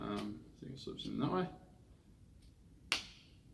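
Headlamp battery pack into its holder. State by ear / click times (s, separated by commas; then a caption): seated / 2.9 s. A Led Lenser XEO19R headlamp's battery pack is slid into its holder while someone talks. At 2.9 s, after the talking stops, it snaps in with a single sharp click and seats with a tight, very sturdy fit.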